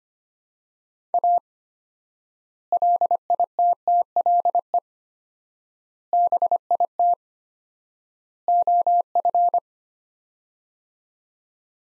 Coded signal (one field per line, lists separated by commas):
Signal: Morse code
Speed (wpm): 25 wpm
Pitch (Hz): 700 Hz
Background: none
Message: A LITTLE BIT OF